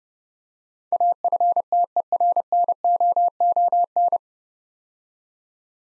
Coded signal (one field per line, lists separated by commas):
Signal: Morse code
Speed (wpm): 30 wpm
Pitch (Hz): 700 Hz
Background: none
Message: AFTERNOON